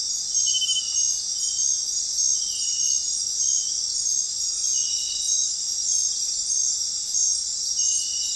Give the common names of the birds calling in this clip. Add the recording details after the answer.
none. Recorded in dense forest near Puerto Asís, Putumayo, Colombia, on 20 February 2024 at 23:30. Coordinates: 0.500, -76.322. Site G6465